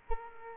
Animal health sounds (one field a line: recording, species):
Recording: mosquito wingbeat signal from an infrared sensor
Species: Culex quinquefasciatus